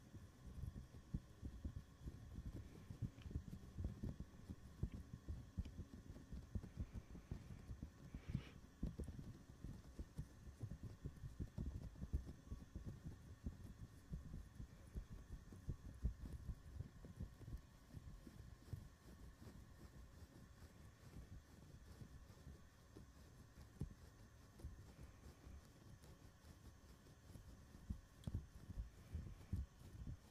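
A microphone being touched and rubbed, producing a continuous run of dull, low thumps and scratchy brushing with no pauses. The handling is dense and irregular, with brief sharper taps now and then, and it settles slightly softer over the last ten seconds.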